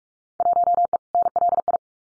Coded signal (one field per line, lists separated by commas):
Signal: Morse code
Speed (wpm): 44 wpm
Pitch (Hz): 700 Hz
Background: none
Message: 1E NLI